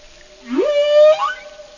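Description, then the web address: Whale song, one tonal call that sweeps upward then holds a steady, clear note before a second brief upward slide, with rich overtones. "ballenas y orcas cantos canto ballena"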